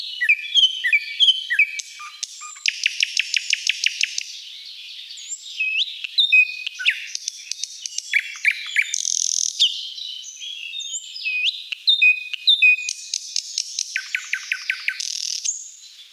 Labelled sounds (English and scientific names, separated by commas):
Thrush Nightingale (Luscinia luscinia) song